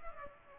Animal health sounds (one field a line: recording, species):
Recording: mosquito wingbeat signal from an infrared sensor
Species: Aedes aegypti